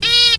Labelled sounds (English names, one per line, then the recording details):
Zebra Finch distance call
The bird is a female
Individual fem5